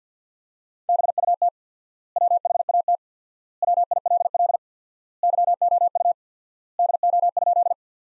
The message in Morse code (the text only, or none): BUT WHAT WILL YOU DO?